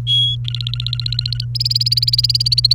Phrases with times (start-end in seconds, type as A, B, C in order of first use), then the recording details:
0.07-0.35 A, 0.45-1.45 B, 1.55-2.73 C. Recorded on 29 April 2018 at 10:36. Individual llb3